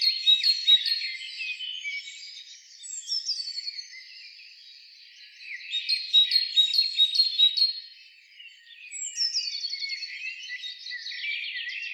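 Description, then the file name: Great tit phrases repeated in several short bursts, high and ringing. "Parus major"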